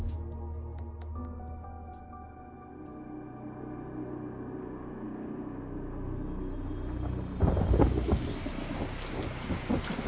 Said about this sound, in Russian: Холодный ветер обдал Борланда каплями дождя.